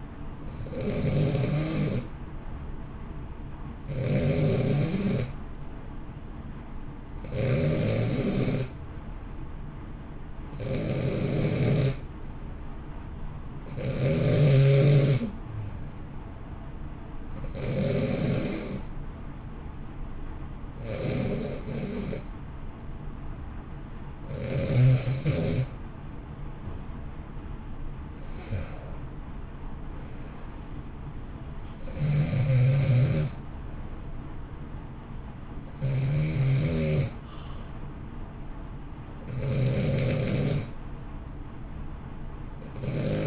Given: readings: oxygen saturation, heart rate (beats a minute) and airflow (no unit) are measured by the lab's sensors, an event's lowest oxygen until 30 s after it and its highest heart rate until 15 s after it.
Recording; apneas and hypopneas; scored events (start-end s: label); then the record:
breathing in sleep by a smartphone at the bedside; 1
16.00-29.10 s: hypopnea (N2, oxygen 90% highest, then 90% lowest, heart rate 64 at the start, 64 highest)
From the record:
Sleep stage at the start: N2 (light sleep); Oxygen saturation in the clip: 90 to 91%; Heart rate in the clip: 57 to 64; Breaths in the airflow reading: 11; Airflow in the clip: -1.1 to 2.1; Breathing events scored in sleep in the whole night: 328 in 6.3 hours asleep